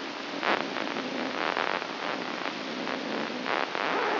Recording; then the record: brain microelectrode recording played as sound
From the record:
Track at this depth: inside the subthalamic nucleus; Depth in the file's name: 3.327 mm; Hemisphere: left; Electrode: 3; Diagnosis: Parkinson's disease